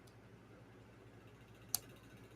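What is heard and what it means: A plastic wheel is pushed onto the axle of a cheap dollar-store toy car to see whether the wheels are meant to snap in place. After a faint tick at 0.1 s and quiet low background noise, a single sharp click at 1.8 s marks the wheel snapping on and seating.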